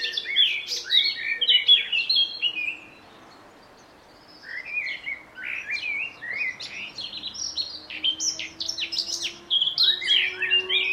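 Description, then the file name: Eurasian blackcap song: a lively warbled phrase, a pause of about a second, then a long flowing stream of quick, high, jumbled notes. "Sylvia atricapilla"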